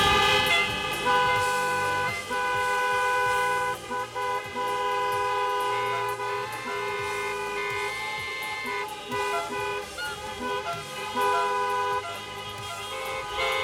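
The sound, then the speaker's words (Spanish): A loud, dense chorus of car horns blaring together for the whole stretch, overlapping sustained honks at several pitches with some siren-like tones mixed in, no talking. About 140 cars of football fans honk in an approved protest in Elche, two and a half hours before a match. “En una manifestación aprobada por la subdelegación del gobierno, varios, cerca de unos 140 coches y el doble de aficionados, que es lo que se permitía, estuvieron protestando 2 horas y media antes del partido de esta manera.”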